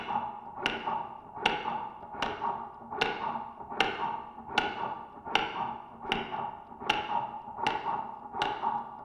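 A heart simulator device produces a steady series of sharp, thudding beats at about 77 per minute. Each beat is a crisp broadband tap over a constant midrange hum.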